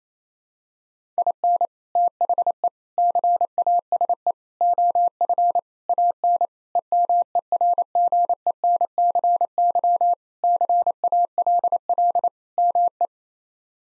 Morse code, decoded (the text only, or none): IN THE CASE OF AN EMERGENCY CALL ME